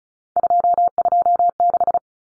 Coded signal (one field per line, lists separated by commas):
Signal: Morse code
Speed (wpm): 34 wpm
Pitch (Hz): 700 Hz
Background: none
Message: 226